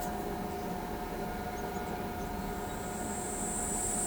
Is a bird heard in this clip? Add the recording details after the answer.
no. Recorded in pastures near Pivijay, Magdalena, Colombia, on 15 April 2023 at 13:30. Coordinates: 10.456, -74.369. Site P6-G026